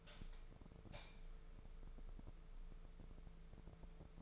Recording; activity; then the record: daily activity, microphone in the room; light on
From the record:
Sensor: 5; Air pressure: 1014.8 hPa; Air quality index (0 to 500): 168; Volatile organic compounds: 6 ppm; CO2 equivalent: 1848 ppm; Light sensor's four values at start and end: 117/278/119/131 and 118/283/121/133